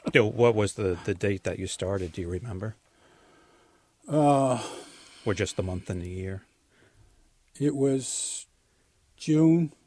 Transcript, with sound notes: W- what was the date that you started, do you remember?
Uh (sighs)
Or just the month and the year --?
It was June